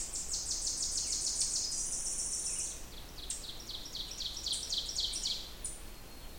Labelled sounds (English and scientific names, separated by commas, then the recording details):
Ovenbird (Seiurus aurocapilla) song
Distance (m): 40 m
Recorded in boreal forest in Alberta, Canada, on 21 June 2016 at 05:43
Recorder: SongMeter 3, array SBT-6-81
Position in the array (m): 28 m, 292 m
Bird 26